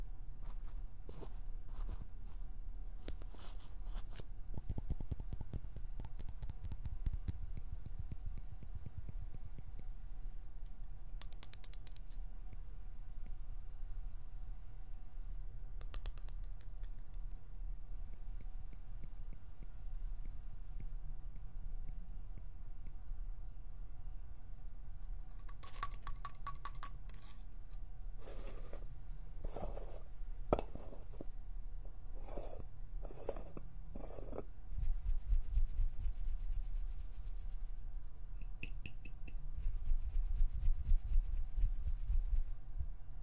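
Fingers pluck, pinch and flutter against something, making soft rubbing and scratching noises over a steady low rumble. Short bright clicks and bursts cluster around 25–35 seconds, and the handling grows denser and a bit louder near the end.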